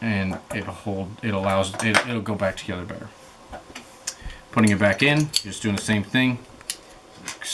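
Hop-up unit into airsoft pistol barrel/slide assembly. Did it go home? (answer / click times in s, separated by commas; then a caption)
yes / 6.7 s. Someone talks while reassembling an Umarex VFC Elite Force Walther PPQ gas blowback airsoft pistol, putting the hop-up and barrel parts back in. The two pieces are spaced apart and pressed together, with small clicks and taps between the talking. The hop-up unit clicks into place in the barrel/slide assembly at 6.7 s and is locked in.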